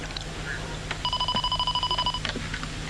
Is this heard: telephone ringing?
yes